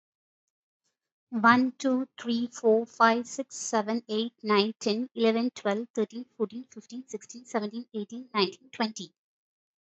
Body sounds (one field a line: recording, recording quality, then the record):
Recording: counting at a fast pace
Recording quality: excellent, no background noise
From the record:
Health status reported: healthy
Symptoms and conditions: none ticked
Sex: female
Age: 36 years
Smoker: not ticked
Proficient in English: yes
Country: India